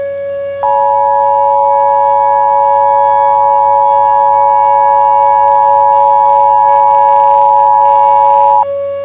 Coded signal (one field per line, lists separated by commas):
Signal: Emergency Alert System (SAME) tones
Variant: 853 and 960 Hz attention tone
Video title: EAS Mockup - Metro Mayhem